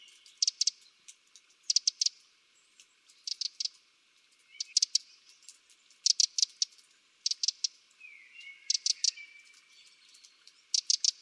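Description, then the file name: Eurasian wren giving hard clicking calls in tight bursts of two to four, repeated roughly every one to one and a half seconds. "Troglodytes troglodytes"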